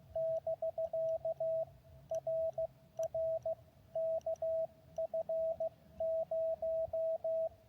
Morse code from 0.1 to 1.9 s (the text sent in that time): <BK>